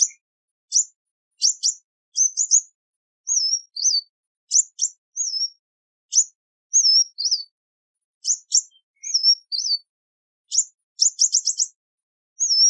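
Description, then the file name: Sunbird calls: a series of sharp high chips and thin slurred whistles, with a fast rattle of several chips near the end. "Tieng chim hut mat"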